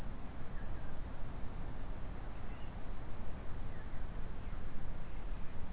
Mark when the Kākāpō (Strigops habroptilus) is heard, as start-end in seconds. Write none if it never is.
none